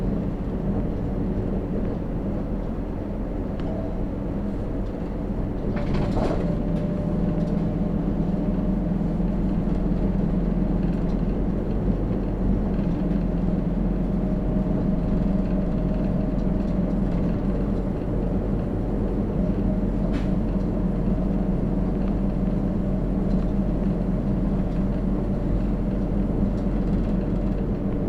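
A replacement bus on the Hitahikosan Line drones with a steady low engine rumble and faint whine, a brief rattle around six seconds.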